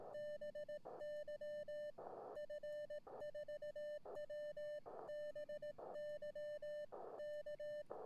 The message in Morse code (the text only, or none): BY F4W BY K